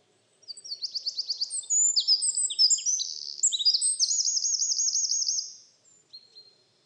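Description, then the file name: Eurasian wren song: an energetic cascade of very high, sharp notes and rattling trills, delivered without pause for about five seconds and ending in a soft twitter. "Troglodytes troglodytes"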